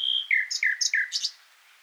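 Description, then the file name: Common nightingale notes: a high whistle followed by several quick descending slurred chirps with sharp upper tones, fading out within two seconds. "Luscinia megarhynchos"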